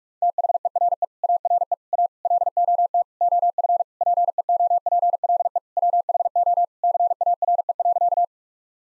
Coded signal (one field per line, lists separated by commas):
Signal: Morse code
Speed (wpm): 41 wpm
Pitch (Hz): 700 Hz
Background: none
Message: THERE ARE A LOT OF PEOPLE WHO CARE.